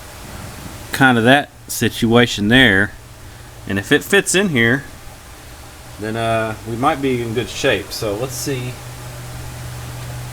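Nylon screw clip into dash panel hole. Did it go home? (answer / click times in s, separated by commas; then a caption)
no / none. A replacement nylon screw clip from an auto parts store is handled at a mounting hole in a Mopar dash panel, ready to be pressed in. Someone talks over a steady low hum and background hiss, with no sharp sounds. Nothing has clicked or seated yet.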